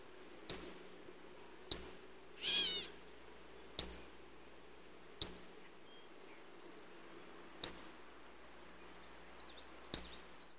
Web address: bird kingbird eastern kingbird calls animal